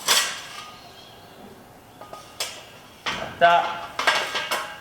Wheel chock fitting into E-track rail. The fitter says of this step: then it locks in place there.